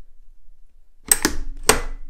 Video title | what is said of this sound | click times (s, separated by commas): Festool Domino DF500 vs. Makita PJ7000 Flachdübelfräse ⎜meine Erfahrung⎜kleine holzwerkstatt | Einmal nach vorne drücken, bis es hörbar einrastet und dann ist das Motorgehäuse am Arbeitsteil wieder dran. | 1.1 s, 1.7 s